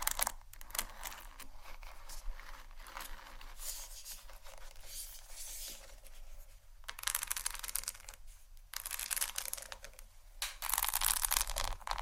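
Hair is being brushed and combed, a dense, bright scratching that swells and fades in strokes. Louder passes come around 7, 9 and 11 seconds, with brief quiet gaps between them. A faint low hum sits underneath.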